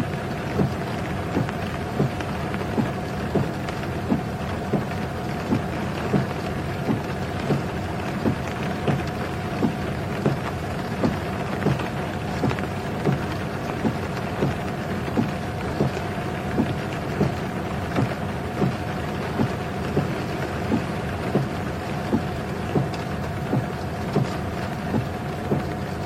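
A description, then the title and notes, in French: Windshield wipers sweep back and forth in a car during rain, their strokes coming in a steady rhythm about once a second. Beneath them, dense rain patter and a low, constant engine hum with a faint steady whine fill the cabin throughout. Essuie-glaces sous la pluie en voiture.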